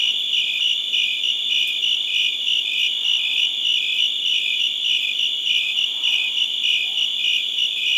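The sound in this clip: Cricket gives high, rhythmic chirps over a continuous shrill drone.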